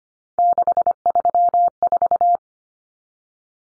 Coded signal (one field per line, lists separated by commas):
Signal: Morse code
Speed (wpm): 25 wpm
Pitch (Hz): 700 Hz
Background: none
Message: 634